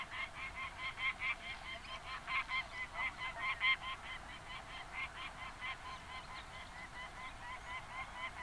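Peregrine falcon calling, a harsh, rapid series of repeated cackling notes, rising and falling in loudness throughout.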